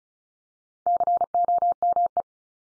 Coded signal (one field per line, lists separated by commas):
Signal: Morse code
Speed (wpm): 34 wpm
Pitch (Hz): 700 Hz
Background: none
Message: COME